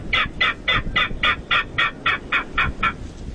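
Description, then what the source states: King Rail call: a rapid series of harsh clacking kek notes, about three or four a second, even and repeated, with faint low rumble beneath. Recorded call played back on a loop at night, as loud as 95 decibels; the King Rail is the largest rail in North America and fairly rare in the region.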